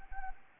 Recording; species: mosquito wingbeat signal from an infrared sensor; Anopheles arabiensis